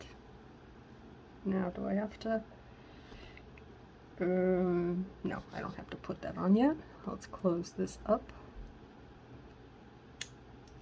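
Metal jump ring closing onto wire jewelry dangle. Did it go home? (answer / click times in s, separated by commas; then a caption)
yes / 10.2 s. A small metal jump ring is closed onto a dangle of a wire tree-of-life piece in a 4-inch hoop. Someone talks, then a short, sharp click at 10.2 s marks the ring closing, confirming the piece went on.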